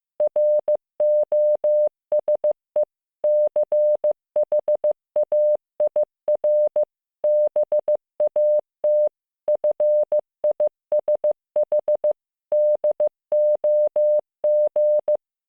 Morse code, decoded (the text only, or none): ROSE CHAIR BAT FISH DOG